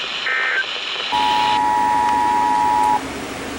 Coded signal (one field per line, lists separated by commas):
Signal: Emergency Alert System (SAME) tones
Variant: 853 and 960 Hz attention tone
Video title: How About A Little More?? | EAS Alerts From 5/14/2023 (EAS #2,068-2,104)